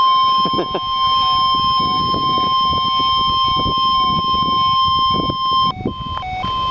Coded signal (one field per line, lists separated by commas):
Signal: Emergency Alert System (SAME) tones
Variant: 1050 Hz attention tone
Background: speech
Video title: Flash Flood Warning (EAS #776)